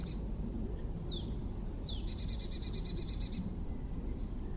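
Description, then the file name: Marsh tit calls: two sharp, high notes slurring steeply downward, then a rapid run of harsh, buzzy notes, over steady low rumbling background noise. "Poecile palustris"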